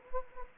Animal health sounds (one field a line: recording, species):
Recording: mosquito wingbeat signal from an infrared sensor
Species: Anopheles gambiae